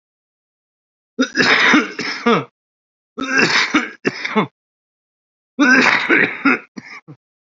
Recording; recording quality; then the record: heavy voluntary cough; excellent, no background noise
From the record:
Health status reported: COVID-19 positive, moderate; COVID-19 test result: positive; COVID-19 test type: RT-PCR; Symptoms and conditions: breathing difficulty, fatigue, hypertension, diabetes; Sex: male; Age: 42 years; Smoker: yes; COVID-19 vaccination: both doses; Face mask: worn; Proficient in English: no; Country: India